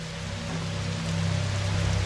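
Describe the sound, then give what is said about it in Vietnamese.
Steady rain falling, a dense, even hiss of drops spread across the whole range, with a low constant hum underneath and no voices. “Còn bạn thì cứ nằm nghe tiếng mưa.”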